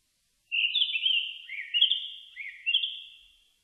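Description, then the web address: Japanese thrush delivers a rich, varied phrase of twisting whistles, rising and falling in pitch across three linked sections, ending with a fading tail. Recorded on 4 May 2001. "2001 010504 kurotugumi"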